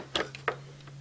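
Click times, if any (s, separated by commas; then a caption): 0.2 s, 0.5 s. A plastic toy raise buckle (Magnum) is pressed into a slot of a plastic support box with its handle facing the wall. Sharp plastic snaps sound at 0.2 s and 0.5 s, with a fainter tick in between over a steady low hum. The buckle seats securely in place.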